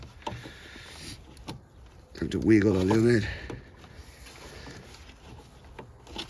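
A wiring harness plug is lined up under a new low-beam headlight bulb on a 10th-generation Honda Civic (2016–2021), ready to be wiggled and pushed home. Faint handling taps and rustles are heard around 0.3, 1.4, 5.8 and 6.1 seconds, and someone talks in the middle. The plug has not clicked or seated yet.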